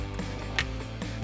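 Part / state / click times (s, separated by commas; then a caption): vent tube quick-connect onto the cold air intake tube fitting / seated / 0.6 s. The crankcase vent tube quick-connect is lined up and pushed onto the intake tube fitting of an aFe Magnum FORCE Stage-2 cold air intake with a black Pro Dry S filter on a 2019–2024 5.7L RAM 1500. A sharp click sounds at 0.6 s over a steady low background, followed by a softer knock at about 1.0 s. The connector is seated.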